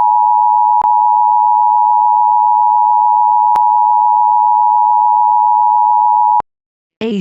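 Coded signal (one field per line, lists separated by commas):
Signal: Emergency Alert System (SAME) tones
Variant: 853 and 960 Hz attention tone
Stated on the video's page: Mock EAS alert for an arson event using valid tones.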